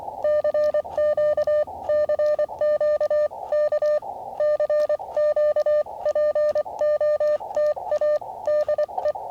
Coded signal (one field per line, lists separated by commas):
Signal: Morse code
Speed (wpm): 24 wpm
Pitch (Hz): 590 Hz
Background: none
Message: CQ CQ K CQ POTA DE